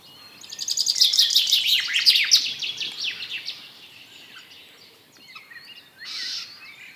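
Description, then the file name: Common chaffinch singing a rapid cascading phrase that drops in pitch, followed by a few scattered notes and a brief later burst of sound. "Fringilla coelebs"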